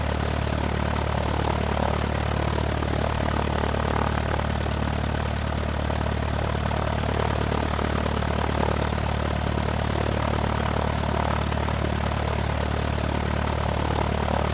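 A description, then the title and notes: A turboprop plane engine idles with a steady, unbroken drone. Strong low hum bands sit underneath a dense rushing hiss that fills the upper range, and the sound stays even throughout with no distinct events. In this episode, we bring you the relaxing and calming sounds of a turboprop plane engine idling. The gentle vibrations and listening to the low hum of the engine. The rhythmic and steady sounds of the engine.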